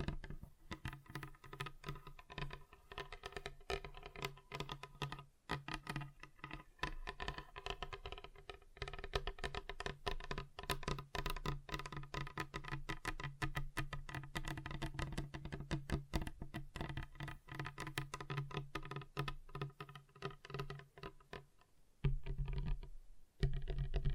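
Fingers tap rapidly on a table, a dense, uneven patter of sharp clicks running for nearly the whole stretch. A low steady hum sits underneath. The tapping thins out around five and twenty-two seconds, with a brief louder burst near the end.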